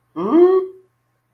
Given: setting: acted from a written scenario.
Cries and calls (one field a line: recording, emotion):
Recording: vocal sound without words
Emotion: disappointment